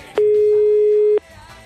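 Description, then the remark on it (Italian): A steady electronic telephone tone, heard after the phone was hung up two seconds into a live radio call, holds a single mid pitch for about a second, starting and stopping abruptly, with a faint murmur of background noise on either side. “Dopo due secondi Parenzo hanno abbassato il telefono.”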